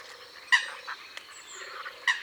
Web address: Foulque macroule. abc de la nature